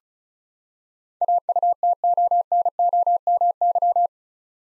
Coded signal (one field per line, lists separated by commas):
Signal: Morse code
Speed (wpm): 34 wpm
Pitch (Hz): 700 Hz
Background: none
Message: AUTONOMY